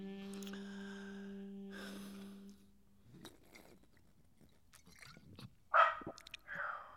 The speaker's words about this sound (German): Es ist verboten, im Theater zu bellen.